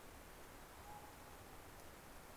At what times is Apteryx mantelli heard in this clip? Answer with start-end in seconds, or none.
none